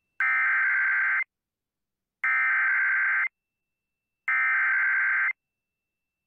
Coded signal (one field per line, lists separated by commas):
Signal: Emergency Alert System (SAME) tones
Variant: header bursts